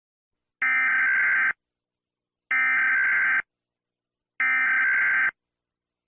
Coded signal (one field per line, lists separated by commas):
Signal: Emergency Alert System (SAME) tones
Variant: header bursts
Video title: EAS Short Scenario 13 - The Garden Goes Decay